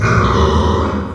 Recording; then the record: squeal of a Yucatan mini pig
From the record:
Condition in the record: after surgery on the right vocal fold (resection and tissue-engineered implant); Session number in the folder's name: 15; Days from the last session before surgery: 175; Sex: female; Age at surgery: 19 weeks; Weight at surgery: 25 kg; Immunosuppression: prednisolone